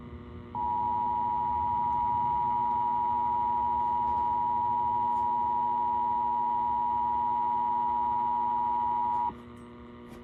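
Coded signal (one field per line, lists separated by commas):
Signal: Emergency Alert System (SAME) tones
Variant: 853 and 960 Hz attention tone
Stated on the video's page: Texas required monthly test received on WBAP-AM, 820 kHz.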